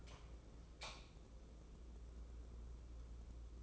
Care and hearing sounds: daily activity, microphone in the room; light on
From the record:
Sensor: 1

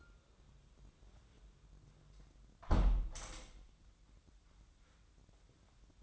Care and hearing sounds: daily activity, microphone in the room; close window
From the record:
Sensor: 3

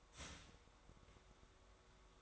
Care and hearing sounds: daily activity, microphone in the room; start toaster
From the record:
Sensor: 3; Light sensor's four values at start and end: 4/11/4/4 and 4/11/4/4

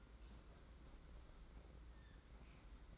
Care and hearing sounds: daily activity, microphone in the room; open fridge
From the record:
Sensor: 3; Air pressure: 991.8 hPa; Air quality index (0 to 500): 215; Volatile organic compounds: 1000 ppm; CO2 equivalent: 7362 ppm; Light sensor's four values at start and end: 32/95/38/32 and 32/95/38/32

